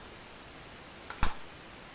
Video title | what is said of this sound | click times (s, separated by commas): MP-32 Convoy (Beast Wars)Masterpiece Optimus Primal - Transformer of the Week | clicks back into place. | 1.1 s, 1.2 s